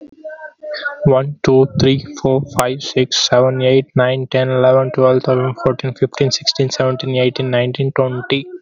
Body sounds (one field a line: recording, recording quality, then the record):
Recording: counting at a fast pace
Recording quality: excellent, no background noise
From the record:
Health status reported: healthy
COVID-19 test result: not tested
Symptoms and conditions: none ticked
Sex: male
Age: 20 years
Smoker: not ticked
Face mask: not worn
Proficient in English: yes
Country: India